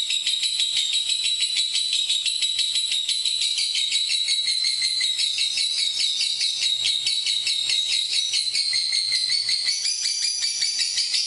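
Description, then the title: Lovebird song, a dense, continuous high-pitched chatter of rapid buzzy pulses running without pause throughout. Lovebird song used as masteran for training other birds. "MASTERAN BURUNG 2. Lovebird"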